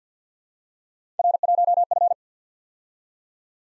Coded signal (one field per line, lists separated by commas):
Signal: Morse code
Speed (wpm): 51 wpm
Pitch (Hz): 700 Hz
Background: none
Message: R1F